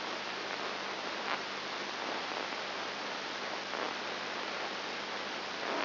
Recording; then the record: brain microelectrode recording played as sound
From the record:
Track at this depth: inside the subthalamic nucleus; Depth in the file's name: 3.301 mm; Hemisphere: left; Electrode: 2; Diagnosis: Parkinson's disease